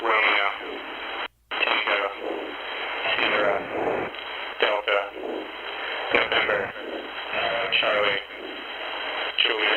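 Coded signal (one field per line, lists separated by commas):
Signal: coded military voice message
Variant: Emergency Action Message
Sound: radio voice reading phonetic alphabet letters over noisy HF channel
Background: radio static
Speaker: so we just had an emergency action message come in it's it was been quiet the last two hours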